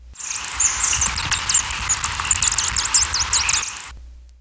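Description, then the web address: Rainbow starfrontlet calling with a quick stream of shrill, needle-thin squeaks and twitters, sharp falling notes packed closely together for nearly four seconds. Recorded in Ecuador. "Natures Songs S America Birds of Ecuador. Rainbow Starfrontlet"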